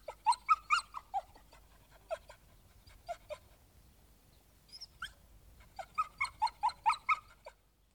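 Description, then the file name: Dog yipping barks in quick uneven bursts, a rapid run at the start, a few single yaps, then another fast volley, with a brief high whistled tone in the pause. "cani dog"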